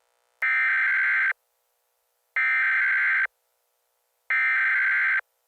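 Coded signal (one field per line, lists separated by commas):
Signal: Emergency Alert System (SAME) tones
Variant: header bursts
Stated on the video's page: Simulated EAS mock alert.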